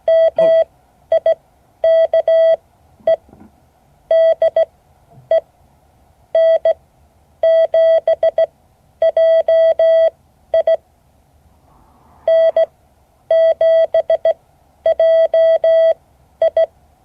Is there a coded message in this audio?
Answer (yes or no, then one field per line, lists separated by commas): yes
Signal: Morse code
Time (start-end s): 0.1-16.6 s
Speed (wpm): 16 wpm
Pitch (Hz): 650 Hz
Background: none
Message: MIKE DE N7JI N7JI